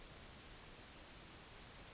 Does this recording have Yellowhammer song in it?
no